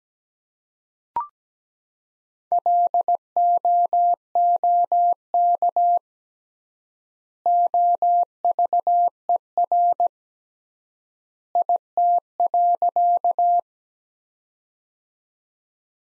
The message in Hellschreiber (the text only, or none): none